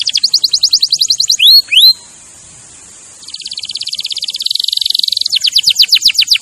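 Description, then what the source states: Canary song: quick trill, two loud upward-swept whistles, a high thin tone, then buzzy rolling trills. Champion canary song used as a master recording for training other birds.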